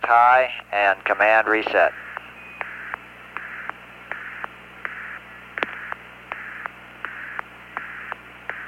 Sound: pause with pulsing noise on comm link